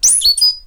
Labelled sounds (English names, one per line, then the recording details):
Stitchbird song
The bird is a male
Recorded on Tiritiri Matangi Island, New Zealand, in 2005
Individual 19, of nest box 27